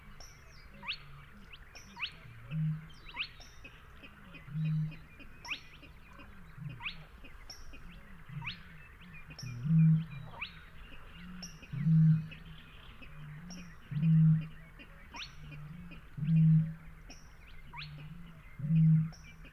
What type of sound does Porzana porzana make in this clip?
song